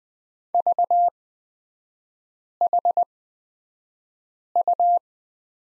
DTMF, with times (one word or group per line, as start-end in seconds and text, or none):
none